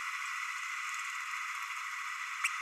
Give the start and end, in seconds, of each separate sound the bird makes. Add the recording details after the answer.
2.44-2.48. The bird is a male. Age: 30 days. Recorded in a nest box in Venezuela. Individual 17B32A6